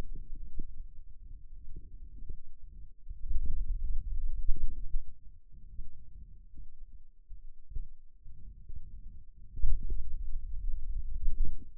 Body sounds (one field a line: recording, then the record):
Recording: forearm muscle sounds (acoustic myography)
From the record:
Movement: finger pinch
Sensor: system 2, bracelet of six BSWA MPA416 microphones around the upper forearm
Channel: 2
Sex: male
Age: 22 years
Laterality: right